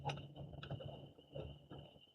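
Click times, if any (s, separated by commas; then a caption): none. The top of an iodine inhaler's breathing piece is set onto its threaded cylinder and felt around so the threads sit straight and are not cross-threaded, giving only small, soft handling taps over a steady high-pitched tone. Nothing has seated or clicked yet; the top is still to be screwed on.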